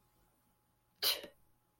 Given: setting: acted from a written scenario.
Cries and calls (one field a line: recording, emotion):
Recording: vocal sound without words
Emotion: contempt